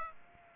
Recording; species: mosquito wingbeat signal from an infrared sensor; Aedes aegypti